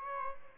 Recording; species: mosquito wingbeat signal from an infrared sensor; Aedes albopictus